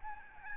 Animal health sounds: mosquito wingbeat signal from an infrared sensor; Aedes albopictus

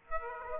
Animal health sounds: mosquito wingbeat signal from an infrared sensor; Aedes aegypti

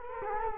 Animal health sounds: mosquito wingbeat signal from an infrared sensor; Culex quinquefasciatus

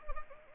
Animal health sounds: mosquito wingbeat signal from an infrared sensor; Anopheles arabiensis

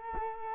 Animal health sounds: mosquito wingbeat signal from an infrared sensor; Culex quinquefasciatus

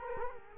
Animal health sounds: mosquito wingbeat signal from an infrared sensor; Culex quinquefasciatus

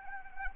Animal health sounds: mosquito wingbeat signal from an infrared sensor; Anopheles arabiensis

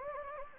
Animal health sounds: mosquito wingbeat signal from an infrared sensor; Anopheles gambiae

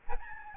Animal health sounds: mosquito wingbeat signal from an infrared sensor; Aedes albopictus

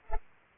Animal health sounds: mosquito wingbeat signal from an infrared sensor; Culex pipiens

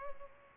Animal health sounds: mosquito wingbeat signal from an infrared sensor; Culex pipiens

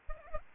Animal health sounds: mosquito wingbeat signal from an infrared sensor; Aedes aegypti

